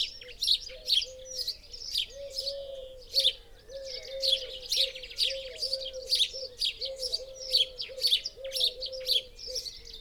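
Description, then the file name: House sparrow chirping busily, bright rasping notes coming in quick clusters, with a steady low warbling hum underneath. "Passer domesticus"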